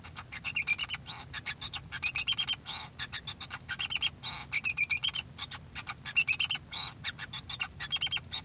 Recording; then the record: song of a male Bengalese finch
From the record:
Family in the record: son of father 2